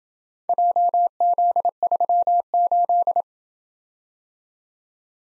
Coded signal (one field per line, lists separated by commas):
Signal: Morse code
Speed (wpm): 28 wpm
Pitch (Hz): 700 Hz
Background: none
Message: JZ38